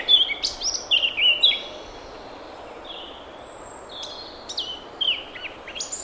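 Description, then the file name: Eurasian blackcap song, a quick run of clear warbled notes in the first second and a half, then short scattered whistled fragments after a pause. "Sylvia atricapilla"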